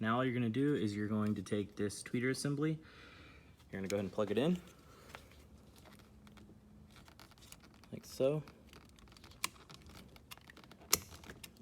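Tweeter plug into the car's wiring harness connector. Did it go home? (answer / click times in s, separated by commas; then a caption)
yes / 9.4 s, 10.9 s. Someone talks while plugging the OEM tweeter assembly's wiring plug into the car's harness connector on a 2003–08 Subaru Forester, an upgrade for non-XT models. After the talk, quiet handling and faint ticks lead to two sharp clicks at 9.4 s and 10.9 s. The tweeter connector snaps in and is seated.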